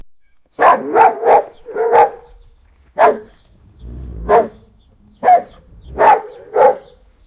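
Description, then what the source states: Pit bull barking angrily in gruff bursts, a quick opening run and then more spaced barks, with a low growl before one bark. A big, angry dog.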